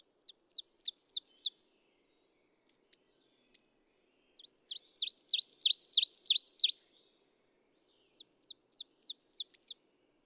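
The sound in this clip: Ovenbird song heard three times: a burst of repeated sharp chant notes, a louder crescendoing series in the middle, then a softer series at the end, separated by quiet pauses.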